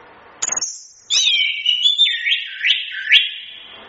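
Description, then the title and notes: Chestnut-capped thrush song: a quick stuttered burst, then a sustained whistled phrase with repeated rising upslurs near the end. Training recording for songbirds. "Masteran Anis Kembang"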